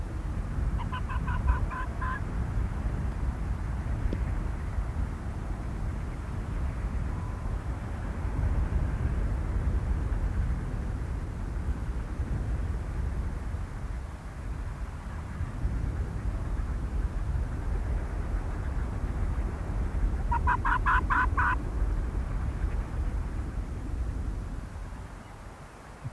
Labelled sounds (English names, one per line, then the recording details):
Arctic Fox
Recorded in the wild
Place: Insel Mednyi, Kommandeur-Inseln, RU
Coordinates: 54.5167, 168.083
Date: 1999-06-29 19:33
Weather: gute Sicht, 7°C, fast windstill
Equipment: Sony WM-D6C, Sennheiser MKH 70, Windkorb, Kopie Sony TCD-D8
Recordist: Frommolt, Karl-Heinz
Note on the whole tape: Südosten der Insel, "Karlshöhle": 15 Bellstrophen eines Polarfuchses aus Richtung Sacharnitsa. Tier kommt aus Nord, läuft über Schneefeld am Südwesthang